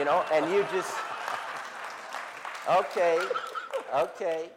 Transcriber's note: soundbite of laughter, applause